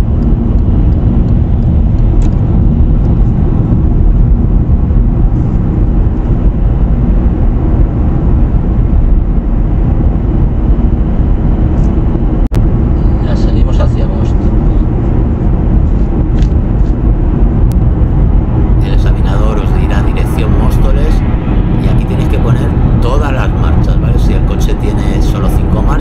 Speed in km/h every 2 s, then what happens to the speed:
80, 83, 84, 85, 85, 89, 90, 92, 94, 93, 93, 92, 92.
0-16 speeds up to 94. 16-26 steady at about 93.